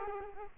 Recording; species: mosquito wingbeat signal from an infrared sensor; Culex quinquefasciatus